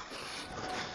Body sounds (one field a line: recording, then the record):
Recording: coughing mixed with background sound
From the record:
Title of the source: 61 morning phlegmy cough...again